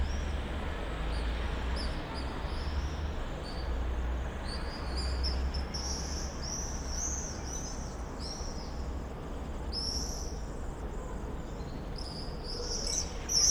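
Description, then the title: Common swifts giving repeated high, thin screams in scattered bursts throughout, several birds overlapping, over a steady low hum. Summer evening in a backyard in Bytom, Poland; many swifts circling; recorded with Zoom F4 and AT BP4025 microphone. "Zygmunta Starego 3, Bytom, Poland - Backyard swifts"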